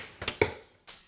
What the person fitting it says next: Oh, how about that? It just needed to be snapped back into place.